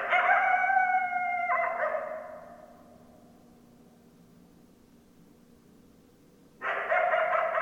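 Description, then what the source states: Coyotes howling together: steady, layered harmonic howls that break into wavering yips, fade after two seconds, then a fresh chorus bursts in near the end. Several coyotes; recorded 10 December 2012.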